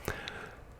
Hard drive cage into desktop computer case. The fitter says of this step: hard drive cage notice how it just snaps right back in on this model